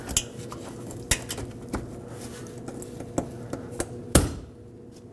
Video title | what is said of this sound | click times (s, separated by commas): How to Replace Fuel Pump Module 2015-2020 GMC Yukon | Perfect. These are locked in. | 1.1 s, 4.2 s